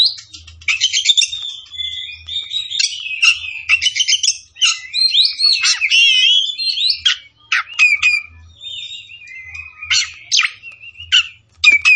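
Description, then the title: Oriental magpie-robin delivering a long, energetic song of harsh buzzes, trills and whistled notes in rapid succession with few pauses. Tretes; singing vigorously, described as gacor. "Kacer Tretes Gacor"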